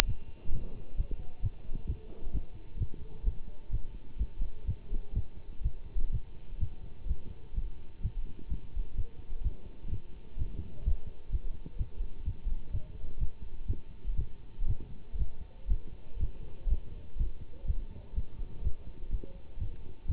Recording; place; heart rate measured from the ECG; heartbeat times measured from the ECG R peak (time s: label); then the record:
heart sounds by stethoscope; between the tricuspid and mitral areas; 126 bpm
0.06 s: heartbeat
0.51 s: heartbeat
0.96 s: heartbeat
1.42 s: heartbeat
1.87 s: heartbeat
2.32 s: heartbeat
2.78 s: heartbeat
3.25 s: heartbeat
3.71 s: heartbeat
4.18 s: heartbeat
4.66 s: heartbeat
5.14 s: heartbeat
5.63 s: heartbeat
6.11 s: heartbeat
6.60 s: heartbeat
7.07 s: heartbeat
7.55 s: heartbeat
8.02 s: heartbeat
8.49 s: heartbeat
8.96 s: heartbeat
9.43 s: heartbeat
9.90 s: heartbeat
10.37 s: heartbeat
10.84 s: heartbeat
11.31 s: heartbeat
11.78 s: heartbeat
12.25 s: heartbeat
12.72 s: heartbeat
13.19 s: heartbeat
13.67 s: heartbeat
14.16 s: heartbeat
14.67 s: heartbeat
15.18 s: heartbeat
15.69 s: heartbeat
16.19 s: heartbeat
16.69 s: heartbeat
17.18 s: heartbeat
17.67 s: heartbeat
18.15 s: heartbeat
18.63 s: heartbeat
19.11 s: heartbeat
19.59 s: heartbeat
20.07 s: heartbeat
From the record:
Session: Bruce protocol treadmill stress test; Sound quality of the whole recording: good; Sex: male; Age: 24 years